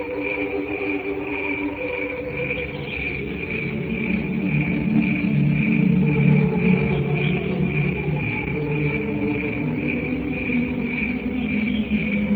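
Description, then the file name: Cricket singing a continuous pulsed trill with evenly spaced beats, while a low rumbling drone swells in the middle. "canto grilli"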